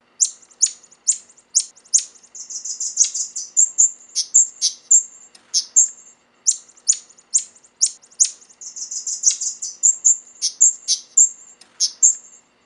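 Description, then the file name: Yellow-crowned bishop singing: rapid, high, sizzling chips and sharp ticks in quick runs, broken by bursts of hissing, buzzy chatter, continuing steadily throughout. "manyar napoleon omkicau"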